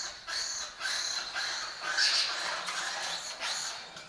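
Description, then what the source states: Lesser kestrels giving harsh, raspy, chattering calls in overlapping bursts with brief pauses. Colony of migratory lesser kestrels breeding in an abandoned building complex in Doñana, southern Europe; they forage in West Africa.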